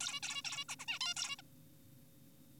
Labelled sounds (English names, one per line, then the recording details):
Zebra Finch
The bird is an adult
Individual g4p5U